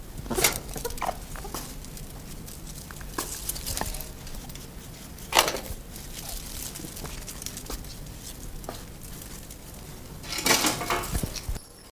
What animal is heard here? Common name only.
Meerkat